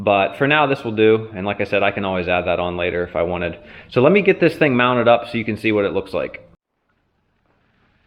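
A man talks until about 6.5 seconds while preparing to mount a MotorGuide Xi3 trolling motor onto the mounting plate of a Vibe Shearwater kayak. This is followed by near silence with two faint brief sounds at 6.9 and 7.5 seconds. The clip ends before the motor mount goes home, and nothing has seated or clicked yet.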